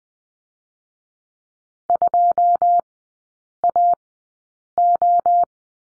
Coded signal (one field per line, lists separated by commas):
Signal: Morse code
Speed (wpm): 19 wpm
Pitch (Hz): 700 Hz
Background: none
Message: 2 A O